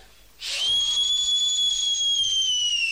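A loud, piercing whistle starts abruptly with a breathy rush, then holds one steady high tone for over two seconds, sagging slightly in pitch toward the end. No one speaks.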